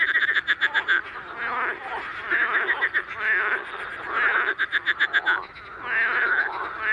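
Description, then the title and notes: Marsh frogs in full chorus, fast repeated pulses forming laughing rattles, one burst following another almost without pause. Evening recording at small Étang de Beaumont pond, 11 May 2019, rain all day, cool 14°C, frogs very active despite rain; Nagra Seven recorder, MKH40 microphone on a boom. "Soirée aux Grenouilles rieuses. 11 mai 2019-Étang de Beaumont - pluie - 14° - Nagra seven - mkh40 sur perche"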